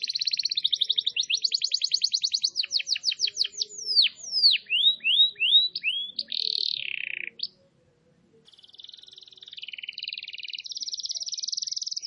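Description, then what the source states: Canary song: quick trills, then a run of downslurred whistles and a brief silence. A long buzzy rolling trill follows. Lure recording.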